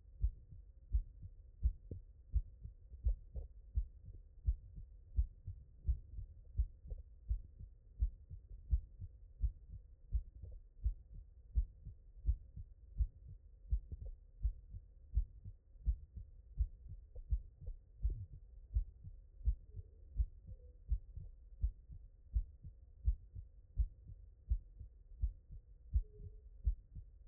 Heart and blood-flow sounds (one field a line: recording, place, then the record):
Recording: heart sounds by stethoscope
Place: mitral valve (MV)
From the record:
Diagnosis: HFrEF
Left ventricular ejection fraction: 28%